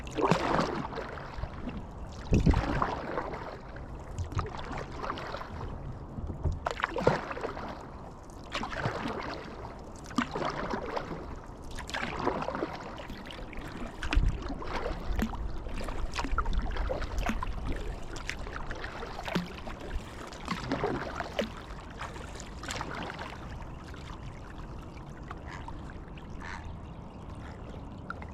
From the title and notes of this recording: 5 Minutes of Paddling.